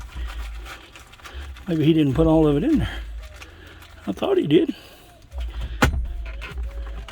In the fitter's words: but it ain't latching oh